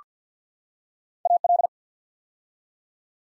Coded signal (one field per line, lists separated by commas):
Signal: Morse code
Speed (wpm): 48 wpm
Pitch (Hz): 700 Hz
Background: none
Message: AL